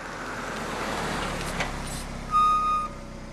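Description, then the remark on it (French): A car's engine rumbles and hisses steadily as it rolls in, then a brief, bright, high-pitched squeal rings out near the end as it comes to a stop in front of a house. “elle aperçoit la voiture du père de Philippe qui s'arrête devant chez elle”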